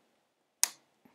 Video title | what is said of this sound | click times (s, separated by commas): Building Hogwarts Castle - Part 11 | all right and then we put that on the corner of the building clicks | 0.6 s